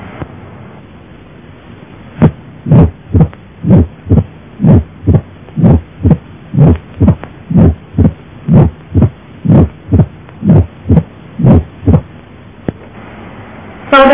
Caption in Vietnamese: Trong hẹp van hai lá tiếng thổi cuối tâm chương, còn được gọi là tiếng thổi tiền tâm thu, nghe rõ ở mỏm tim.